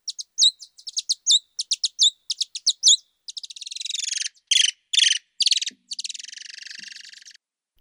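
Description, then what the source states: Brazilian free-tailed bat song: quick bursts of high chirps and sweeping notes, then buzzy trilled syllables separated by short pauses. Male song given during the mating season to attract females, played slowed down eight times; species also called Mexican free-tailed bat, abundant in the southern United States.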